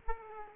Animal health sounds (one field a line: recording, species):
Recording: mosquito wingbeat signal from an infrared sensor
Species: Aedes aegypti